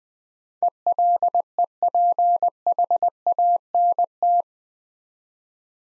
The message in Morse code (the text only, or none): ELEPHANT